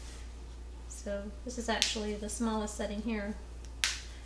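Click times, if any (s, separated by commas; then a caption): 3.8 s. A fabric snap tab on the waistband of a cloth diaper cover is pressed closed at its smallest setting while someone talks. One sharp snap is heard at 3.8 s as the tab seats in place.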